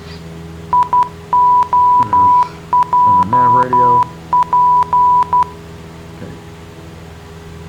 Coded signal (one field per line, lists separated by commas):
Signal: Morse code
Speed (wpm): 12 wpm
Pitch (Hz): 990 Hz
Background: speech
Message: IOJP